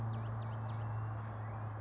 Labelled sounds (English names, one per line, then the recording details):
California Towhee
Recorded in Sonoma County, California